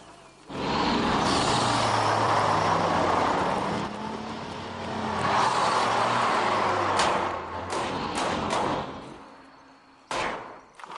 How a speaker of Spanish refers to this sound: Suerte que acabo de ver el especial de National Geographic sobre camiones de bomberos. Depredador solitario, el camión de bomberos acecha a su presa.